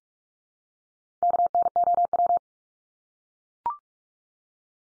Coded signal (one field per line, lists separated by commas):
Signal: Morse code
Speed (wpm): 44 wpm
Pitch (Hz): 700 Hz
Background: none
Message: KNOW